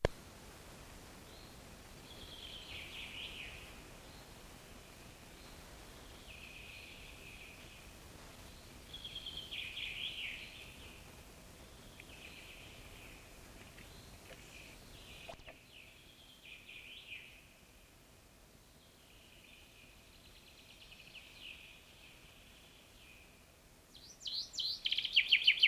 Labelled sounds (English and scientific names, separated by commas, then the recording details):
Common Chaffinch (Fringilla coelebs) song
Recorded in the wild
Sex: male
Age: adult
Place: Altenbeken, Eggegebirge, Nordrhein-Westfalen, DE
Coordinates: 51.7842, 8.96417
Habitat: mountain ridge
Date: 1965-06-20
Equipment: Uher 4000 Report-S, Bändchenmikro Beyer M 260, Parabolspiegel Polyester (470 mm)
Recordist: Conrads, Klaus
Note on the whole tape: Eggegebirgskamm bei Altenbeken, Schwarzes Kreuz. Männchen (Schwarzes Kreuz 2): Gesang